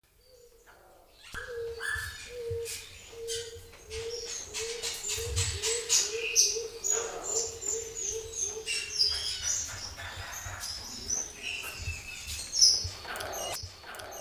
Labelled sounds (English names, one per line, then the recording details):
Coroneted Fruit Dove song
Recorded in captivity
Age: adult
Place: Zoo Berlin, Berlin, DE
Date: 2002-10-22 12:15
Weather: overcast, 13°C
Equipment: Nagra SN, Kopie Uher 4000 Report Monitor
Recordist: Tembrock, Günter